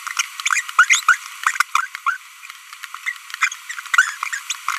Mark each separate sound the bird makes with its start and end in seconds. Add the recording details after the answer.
0.46-0.61, 0.79-0.85, 0.90-1.00, 1.08-1.15, 1.75-1.86, 2.06-2.17, 3.06-3.12, 3.41-3.52, 3.94-4.11, 4.33-4.37, 4.50-4.52. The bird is a female. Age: 25 days. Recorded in a nest box in Venezuela. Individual 17B42B1